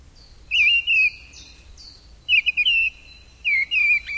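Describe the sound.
Bird calling with high, slightly wavering whistled phrases, three bursts with short gaps between, and a faint thin tone above.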